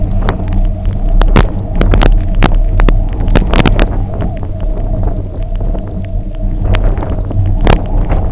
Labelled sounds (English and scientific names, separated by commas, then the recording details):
none
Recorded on Arctic tundra, site UTQI-0, on 27 June 2018
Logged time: 00:00